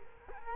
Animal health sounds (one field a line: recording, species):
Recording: mosquito wingbeat signal from an infrared sensor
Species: Culex quinquefasciatus